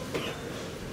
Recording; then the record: coughing mixed with background sound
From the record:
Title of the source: 34 coughing up crap again